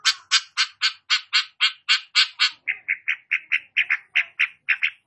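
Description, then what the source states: Long-tailed shrike song: rapid, raspy, squawking notes repeated several times a second, dropping partway through to a lower, rounder series. Described as 'gacor', meaning singing vigorously.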